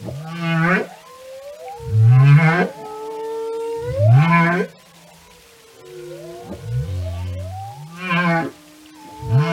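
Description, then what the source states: Whale song: a series of rising, upswept cries about every two seconds, linked by sustained tonal whistles and a low grunt. Whale songs and communication.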